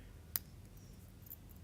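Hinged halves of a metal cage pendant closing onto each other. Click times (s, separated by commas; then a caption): 0.4 s. The hinged halves of a metal bead-cage or locket pendant with a hanging bail are snapped shut by hand. A single sharp, bright click at 0.4 s confirms it is closed. A few faint ticks follow over a low background hum.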